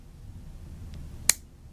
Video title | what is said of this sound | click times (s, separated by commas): Lanbitou 3059 Fountain Pen Revisited. Can be recommended. | there's a click. So you definitely know when it's all the way up | 1.3 s